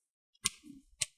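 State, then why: Seated. The plastic bottom cover of an HP 15-EH0003 laptop is set back in place and its corners are pressed down so the retaining clips snap into the palm rest. A faint tick comes first, then two sharp plastic clicks at 0.5 s and 1.0 s with a low rumble of handling between them. The clips seat, confirming the cover has snapped into place.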